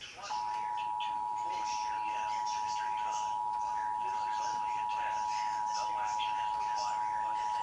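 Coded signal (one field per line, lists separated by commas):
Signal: Emergency Alert System (SAME) tones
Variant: 853 and 960 Hz attention tone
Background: speech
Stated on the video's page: National EAS test captured from local TV and radio stations.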